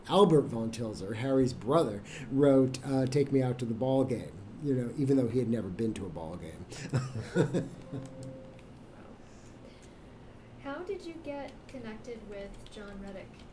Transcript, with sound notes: Albert Von Tilzer, Harry’s brother, wrote Take Me Out to the Ballgame, even though he had never been to a ballgame. [laugh]
How did you get connected with John Reddick?